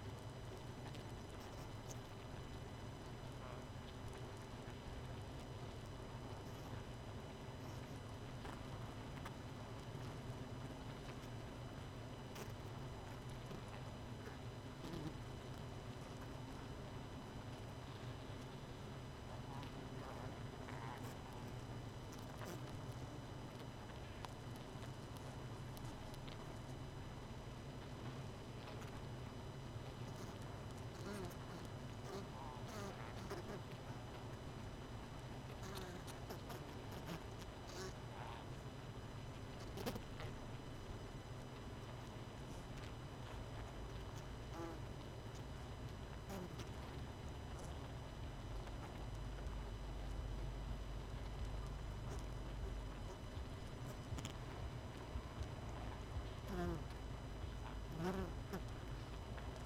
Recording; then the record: honeybee colony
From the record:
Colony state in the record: missing queen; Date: 31 May 2018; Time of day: 22:22